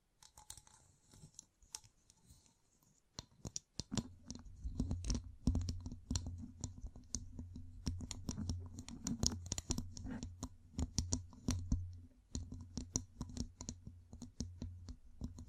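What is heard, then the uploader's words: Fingertips tap and scratch in quick, irregular bursts, with a low rumble joining after four seconds and brief pauses near twelve. ASMR Gem Covered Fingertips Tapping and Scratching (No Talking).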